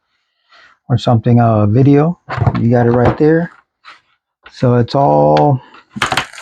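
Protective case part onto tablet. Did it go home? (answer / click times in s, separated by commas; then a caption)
yes / 6.0 s. A protective case part from a Spigen Tough Armor case is pressed onto a Samsung Galaxy Tab S8+ while someone talks. After the talking, a sharp plastic snap at 6.0 s seats the part, and a few quick smaller clicks follow. The case part clicks into place and is good.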